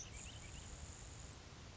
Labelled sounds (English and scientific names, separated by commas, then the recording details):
Grasshopper Sparrow (Ammodramus savannarum)
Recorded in Sonoma County, California